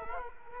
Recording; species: mosquito wingbeat signal from an infrared sensor; Culex quinquefasciatus